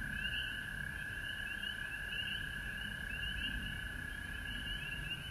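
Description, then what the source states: Frogs in chorus: an even, sustained trill plus bursts of short rising peeps repeated in groups. Recorded at home in Georgia on March 19, 2020.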